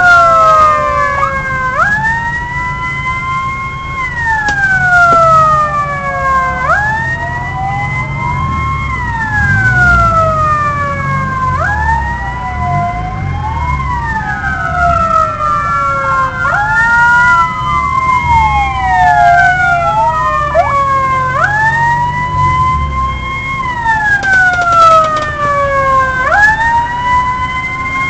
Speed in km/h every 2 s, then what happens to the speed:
0, 0, 0, 0, 1, 4, 4, 4, 3, 3, 2, 2, 0, 0.
0-9 standing. 9-19 steady at about 4. 19-28 standing.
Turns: none.